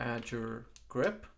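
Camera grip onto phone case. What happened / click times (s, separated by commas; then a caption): Part handled, not yet seated / none. A camera grip from a Polar Pro LiteChaser Pro filmmaking kit is being attached to the phone case of an iPhone 12 Pro / iPhone 12 Pro Max filmmaking rig while someone talks, with faint brief handling noises between the words. Nothing has seated or clicked yet; the grip is still being handled and is not yet home on the case.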